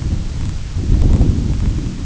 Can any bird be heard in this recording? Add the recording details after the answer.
no. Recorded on Arctic tundra, site IGLO-A, on 22 June 2018. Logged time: 17:59